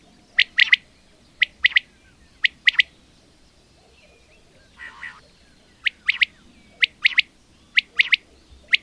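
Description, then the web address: Bird song: bright chirps in clusters of two or three, repeated about once a second, plus one lower nasal, harmonic call midway through. "madarak enek"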